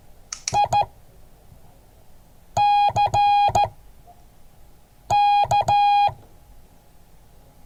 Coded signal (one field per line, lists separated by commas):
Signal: Morse code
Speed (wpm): 14 wpm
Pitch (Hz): 820 Hz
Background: none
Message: ICK